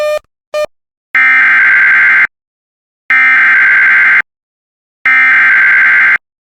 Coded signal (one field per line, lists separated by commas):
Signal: Emergency Alert System (SAME) tones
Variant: header bursts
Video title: Severe Thunderstorm Warning for Carroll, Clinton, and Howard, IN (EAS #138)